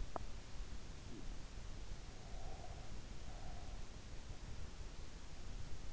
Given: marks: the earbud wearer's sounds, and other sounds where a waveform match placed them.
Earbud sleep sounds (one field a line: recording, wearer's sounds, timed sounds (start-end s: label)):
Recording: sounds in sleep by an in-ear microphone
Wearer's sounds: teeth grinding, breath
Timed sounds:
0.00-0.28 s: teeth grinding
2.45-3.97 s: breath